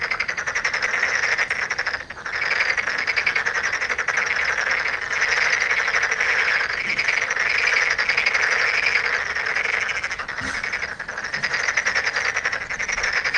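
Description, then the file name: Tokyo Daruma pond frog calls in a thick, unbroken chorus of rapid pulsed croaks, swelling and easing slightly, with a short lull near two seconds. "frog tokyo-daruma-gaeru"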